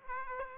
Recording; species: mosquito wingbeat signal from an infrared sensor; Aedes aegypti